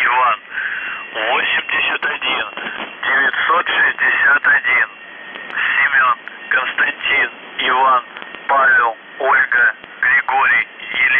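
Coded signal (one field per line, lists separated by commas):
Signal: numbers station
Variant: UVB-76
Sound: a male voice speaking over shortwave radio in clipped, muffled syllables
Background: radio static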